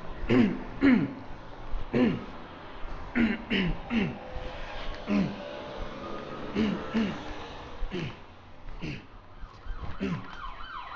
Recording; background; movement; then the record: throat clearing; traffic; walking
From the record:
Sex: male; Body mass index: 21.0 kg/m2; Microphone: on the chest, facing outward